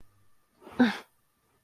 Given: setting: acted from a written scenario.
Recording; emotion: vocal sound without words; disgust